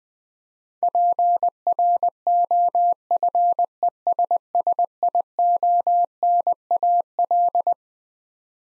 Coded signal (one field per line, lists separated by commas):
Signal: Morse code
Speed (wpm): 20 wpm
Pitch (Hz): 700 Hz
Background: none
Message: PROFESSIONAL